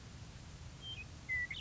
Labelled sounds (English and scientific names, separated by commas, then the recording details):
Western Meadowlark (Sturnella neglecta)
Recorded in Sonoma County, California